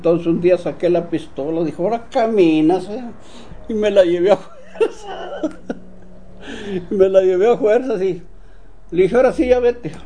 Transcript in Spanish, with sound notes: Entonces un día saqué la pistola, dijo: “Ora, caminas”. Y me la llevé a fuerzas. (risas) Me la llevé a fuerzas y dije: “Ora sí ya vete”.